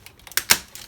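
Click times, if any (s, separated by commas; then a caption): 0.4 s, 0.5 s. A small tab piece on a plastic and diecast Fans Toys FT-16 Sovereign pre-production transforming robot figure is pushed firmly into the figure's chest. After a few faint ticks of handling, two sharp clicks ring out at 0.4 s and 0.5 s, the second the loudest. The tab is seated in place.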